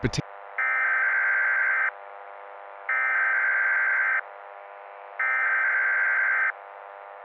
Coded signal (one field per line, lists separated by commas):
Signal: Emergency Alert System (SAME) tones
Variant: header bursts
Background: speech